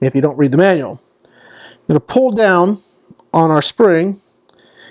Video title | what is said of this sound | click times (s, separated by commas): Sig P226 X-Five BB Pistol - Airgun Review by AirgunWeb | if you pull it all the way down, it'll actually lock into place for you. | 4.5 s